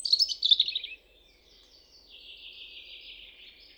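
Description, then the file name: European robin song: a quick, loud trilled phrase of high twittering notes, followed by a soft, drawn-out thin warble. "Erithacus rubecula"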